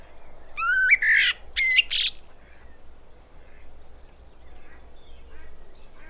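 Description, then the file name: Common blackbird giving two warbled phrases, each sliding up from low whistled notes into a high squeaky flourish, followed by a few faint soft notes. "Turdus merula"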